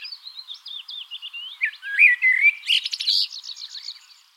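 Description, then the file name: Common blackbird phrase: scratchy high twitter leading into a brief fluted whistle and a fast rattling flourish. "Turdus merula"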